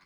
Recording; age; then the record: pig call; piglet (1 to 25 days)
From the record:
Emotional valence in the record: positive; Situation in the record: short reunion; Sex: female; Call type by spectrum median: low-frequency call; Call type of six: low-frequency tonal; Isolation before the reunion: 3 minutes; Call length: 0.07 s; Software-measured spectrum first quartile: 1076 Hz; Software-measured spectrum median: 1959 Hz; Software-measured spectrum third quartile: 3134 Hz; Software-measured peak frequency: 1157 Hz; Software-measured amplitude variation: 54 dB a second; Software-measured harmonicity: -0.1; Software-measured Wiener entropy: -0.85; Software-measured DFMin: 638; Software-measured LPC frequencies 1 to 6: 1130, 2153, 4295, 5045, 6548, 7910 Hz